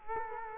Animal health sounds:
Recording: mosquito wingbeat signal from an infrared sensor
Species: Culex quinquefasciatus

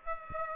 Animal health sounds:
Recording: mosquito wingbeat signal from an infrared sensor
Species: Aedes aegypti

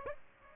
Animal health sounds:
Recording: mosquito wingbeat signal from an infrared sensor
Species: Aedes aegypti

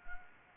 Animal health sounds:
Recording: mosquito wingbeat signal from an infrared sensor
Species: Anopheles gambiae

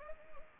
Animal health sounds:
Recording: mosquito wingbeat signal from an infrared sensor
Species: Anopheles arabiensis

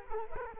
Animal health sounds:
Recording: mosquito wingbeat signal from an infrared sensor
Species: Culex quinquefasciatus

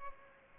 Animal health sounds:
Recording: mosquito wingbeat signal from an infrared sensor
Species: Aedes albopictus

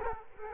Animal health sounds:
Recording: mosquito wingbeat signal from an infrared sensor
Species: Culex quinquefasciatus

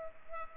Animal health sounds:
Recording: mosquito wingbeat signal from an infrared sensor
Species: Culex pipiens

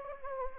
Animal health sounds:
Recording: mosquito wingbeat signal from an infrared sensor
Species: Anopheles gambiae

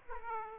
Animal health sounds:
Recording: mosquito wingbeat signal from an infrared sensor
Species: Aedes aegypti

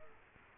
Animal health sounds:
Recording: mosquito wingbeat signal from an infrared sensor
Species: Culex quinquefasciatus

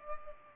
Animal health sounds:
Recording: mosquito wingbeat signal from an infrared sensor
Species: Culex pipiens

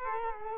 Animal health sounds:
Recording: mosquito wingbeat signal from an infrared sensor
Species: Culex quinquefasciatus

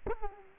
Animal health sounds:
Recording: mosquito wingbeat signal from an infrared sensor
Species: Culex quinquefasciatus

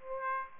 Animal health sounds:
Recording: mosquito wingbeat signal from an infrared sensor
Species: Aedes aegypti

